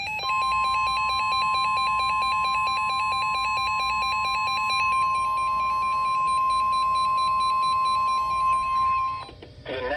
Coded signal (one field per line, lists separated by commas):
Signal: Emergency Alert System (SAME) tones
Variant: 1050 Hz attention tone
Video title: JUNE MADNESS || EAS Alerts from 6-2-22 || EAS 192-211